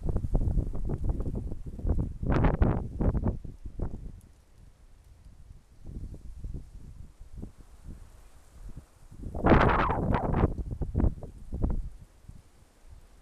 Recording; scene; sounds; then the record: everyday scene through a hearing-aid microphone; wind on the microphone; wind, traffic, birds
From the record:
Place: suburban garden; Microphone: behind the ear, left, rear